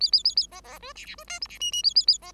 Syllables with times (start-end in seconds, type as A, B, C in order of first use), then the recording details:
0.00-0.11 A, 0.12-0.23 A, 0.24-0.35 A, 0.36-0.47 A, 0.51-0.61 B, 0.64-0.79 B, 0.80-0.93 C, 0.95-1.05 D, 1.05-1.15 D, 1.18-1.24 C, 1.27-1.40 E, 1.41-1.48 F, 1.49-1.59 D, 1.60-1.71 G, 1.72-1.83 G, 1.83-1.94 A, 1.95-2.06 A, 2.07-2.18 A, 2.22-2.32 B. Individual Bird5